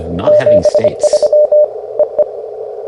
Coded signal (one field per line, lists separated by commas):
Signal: Morse code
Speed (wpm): 24 wpm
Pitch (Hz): 600 Hz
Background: speech, radio noise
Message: 73 EE